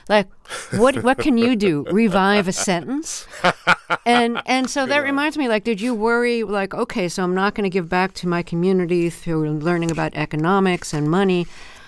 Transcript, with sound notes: Like, what can you do?
(Laughter).
Revive a sentence? And so that reminds me...
Yeah.
...Like, did you worry, like, OK, so I'm not going to give back to my community through learning about economics and money.